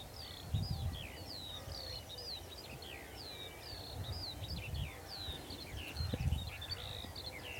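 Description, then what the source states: Skylark singing a steady stream of high slurred whistles and chirps, with gusts of low wind rumble beneath. Skylark singing on a chilly, quiet hilltop in West Dorset, England; the song is thrown wide and far.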